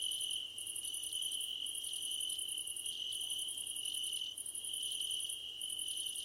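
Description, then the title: Crickets chirping together: a persistent high trill plus a shriller rapid pulsing in short bursts, each about a second, separated by small gaps. Crickets calling at night under a starlit sky. "Nighttime Ambience with Crickets 🌃"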